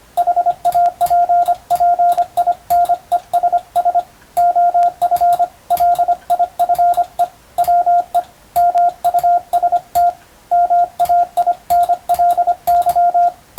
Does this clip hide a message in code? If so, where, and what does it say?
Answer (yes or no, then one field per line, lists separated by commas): yes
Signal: Morse code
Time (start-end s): 0.2-13.3 s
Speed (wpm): 25 wpm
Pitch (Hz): 700 Hz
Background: radio noise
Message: HAPPINESS OF LIFE WE MUST MAINLY